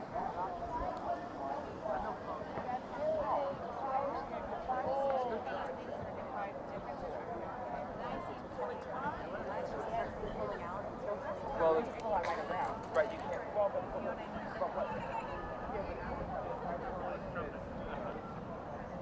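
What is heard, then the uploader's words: An outdoor city scene near a race finish line, filled with a steady, dense babble of many overlapping voices. A few sharper clicks and brighter bursts stand out around the middle, and a faint low rumble of traffic runs underneath throughout. A stereo field recording from June 4, 2017 in Washington D.C. I then walked counterclockwise around the grounds of the White House (north, west, south, east, north). In the distance, just down Pennsylvanian Avenue, the finish line for the Girls on the Run 5K. Counterclockwise around the White House.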